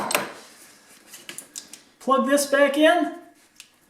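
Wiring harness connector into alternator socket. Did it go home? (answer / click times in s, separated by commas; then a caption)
no / none. A plastic wiring harness connector is being handled at the alternator socket, with short tapping and clicking handling noises around 1.3 to 1.7 seconds and someone talking. Nothing has seated or clicked into the alternator yet.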